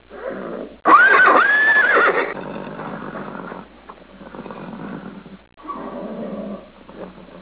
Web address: Pferdestimmen horse